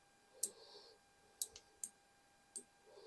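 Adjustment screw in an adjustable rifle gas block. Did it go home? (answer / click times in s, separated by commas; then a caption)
yes / 0.4 s, 1.4 s, 1.8 s, 2.6 s. An adjustment screw in an adjustable rifle gas block is turned, and its spring-loaded ball clicks into each detent position. Sharp, bright clicks sound at 0.4, 1.4, 1.8 and 2.6 seconds, with a softer tick just after the second one. The screw seats in each detent.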